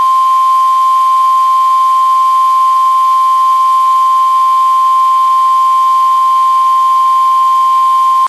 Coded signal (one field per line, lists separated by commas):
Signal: Emergency Alert System (SAME) tones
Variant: 1050 Hz attention tone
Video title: WWG83 PAH Severe Thunderstorm Warning EAS #53 (1/9/26)